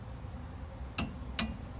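A click-type torque wrench set to 52 foot-pounds is re-applied to the rear wheel tapered roller bearing adjusting nut on a Chevy 2500HD to show the click again. Over a steady low hum, two sharp metallic clicks ring out at 0.99 s and 1.4 s, confirming the nut is at 52 foot-pounds.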